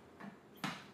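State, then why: Seated. The locking bar of a Breville juicer is swung up over the cover, which has been lined up on the juicer body by its arrows, and snapped into place because the juicer won't work unless the bar is attached. A soft knock at 0.2 s is followed by a sharp, louder click at 0.6 s as the bar seats onto the lid.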